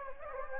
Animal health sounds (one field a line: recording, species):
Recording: mosquito wingbeat signal from an infrared sensor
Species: Anopheles gambiae